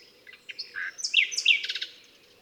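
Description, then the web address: Common nightingale song fragment: a brief, varied phrase of whistles and sharp slurred notes closing with a quick rattle. "SETE data Luscinia megarhynchos"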